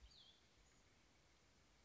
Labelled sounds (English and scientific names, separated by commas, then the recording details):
Cassin's Vireo (Vireo cassinii)
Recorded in Sonoma County, California